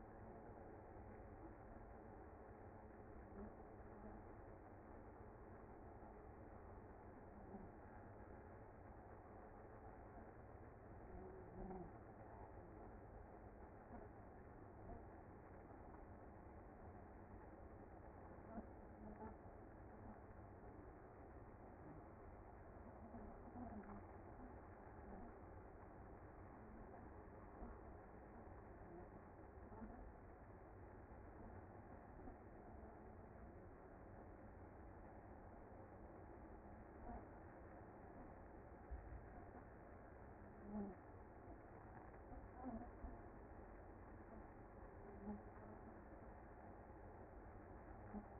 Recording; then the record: honeybee colony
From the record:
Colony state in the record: active